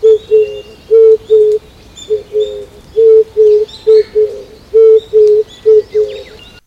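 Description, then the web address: Oriental turtle dove giving rhythmic low coos in short groups of two or three, while other small birds chirp and whistle faintly behind. On a walk in Azamidani, Japan. "raivu sansaku azamidani sound bird kizibato"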